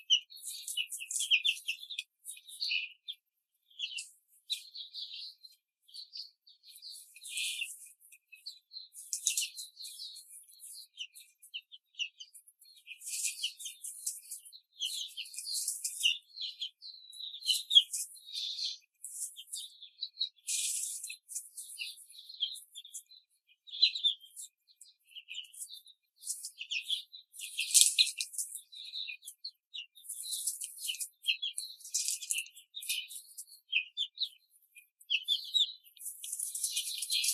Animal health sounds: young laying hens in a cage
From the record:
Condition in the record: control cage, before the stress test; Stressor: none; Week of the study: 4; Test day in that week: 3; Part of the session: 2

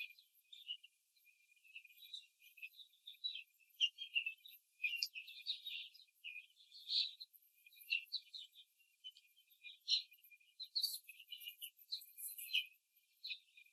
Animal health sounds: young laying hens in a cage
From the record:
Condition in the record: before the stressor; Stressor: simulated dog barking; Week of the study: 3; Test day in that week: 2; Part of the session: 1

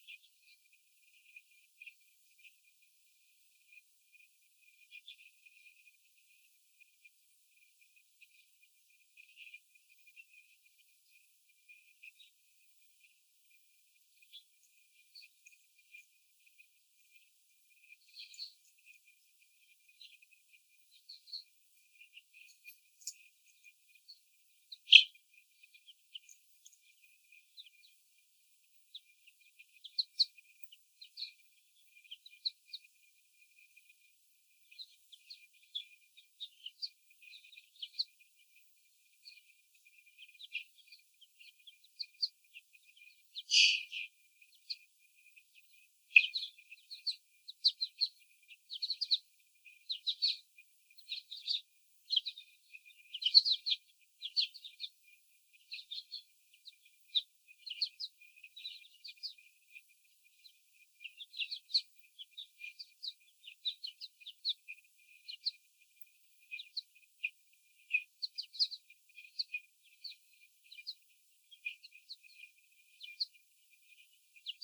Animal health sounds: young laying hens in a cage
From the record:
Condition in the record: before the stressor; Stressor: sudden umbrella opening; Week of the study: 3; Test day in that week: 2

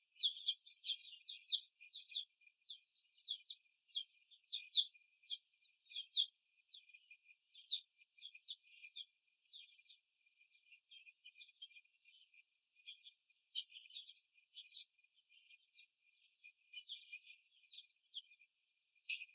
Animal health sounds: young laying hens in a cage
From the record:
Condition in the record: after the stressor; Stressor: simulated dog barking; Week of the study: 1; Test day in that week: 2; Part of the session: 1

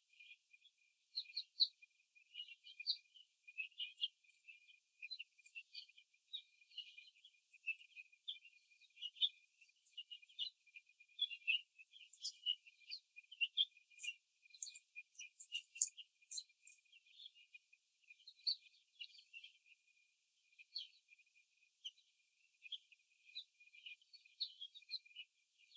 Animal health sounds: young laying hens in a cage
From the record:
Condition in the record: after the stressor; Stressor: simulated dog barking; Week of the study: 3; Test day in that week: 1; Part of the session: 3

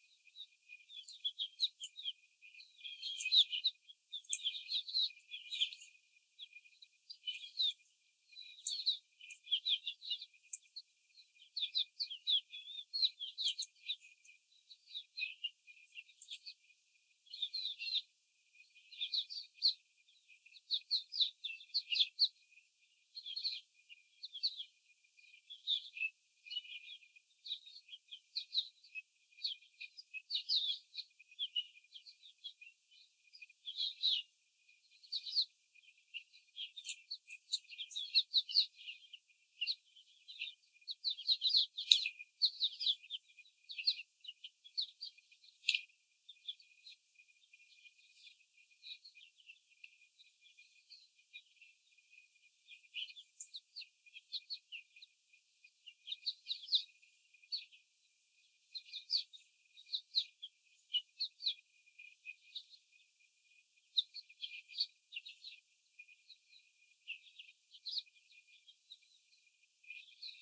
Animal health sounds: young laying hens in a cage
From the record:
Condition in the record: after the stressor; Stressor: simulated dog barking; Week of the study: 4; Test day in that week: 3

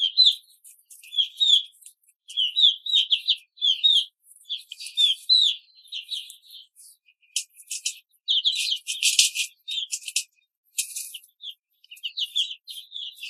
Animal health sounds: young laying hens in a cage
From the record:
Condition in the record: control cage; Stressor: none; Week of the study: 5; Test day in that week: 1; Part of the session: 3

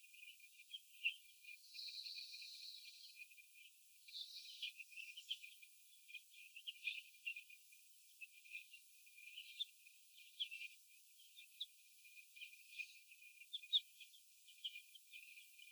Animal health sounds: young laying hens in a cage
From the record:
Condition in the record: after the stressor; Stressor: sudden umbrella opening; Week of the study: 2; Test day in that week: 1

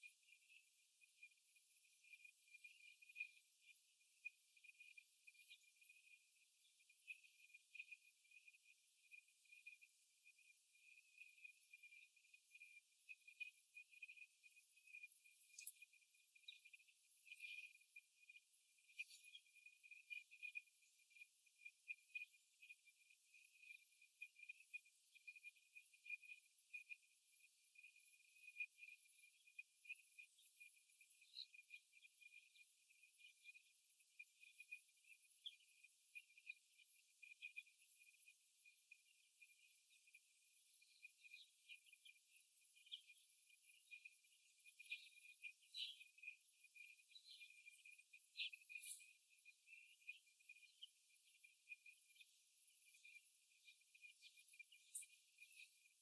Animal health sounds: young laying hens in a cage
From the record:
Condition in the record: after the stressor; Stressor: simulated dog barking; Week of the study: 1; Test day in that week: 1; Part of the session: 3

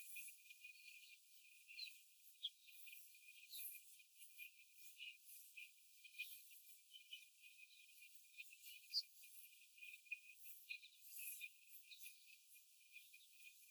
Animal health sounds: young laying hens in a cage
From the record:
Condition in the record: after the stressor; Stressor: simulated dog barking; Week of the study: 4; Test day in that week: 1

